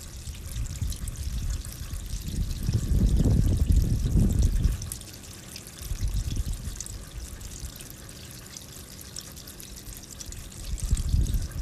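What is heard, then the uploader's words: Rain and running water make a steady hiss across the clip, with a thin, bright sizzle on top. Low, rumbling surges of water swell around three to five seconds, return briefly near six, and rise again at the end. Nature noises rain water and white noise.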